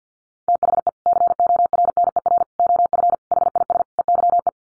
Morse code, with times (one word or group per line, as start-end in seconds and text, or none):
0.5-0.9 THE
1.1-2.4 CORNER
2.6-3.1 OF
3.3-3.8 HIS
4.0-4.5 EYE